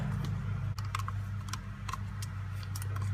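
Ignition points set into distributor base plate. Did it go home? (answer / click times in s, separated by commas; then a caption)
no / none. A new set of ignition contact points, a small metal assembly, is being fitted into the distributor of a 1994 Ford Econovan, with its pin being guided toward the hole on the base plate. Light, sharp metallic ticks are heard at about 0.9, 1.1, 1.5 and 1.9 s over a steady low hum. Nothing has seated or clicked into place yet.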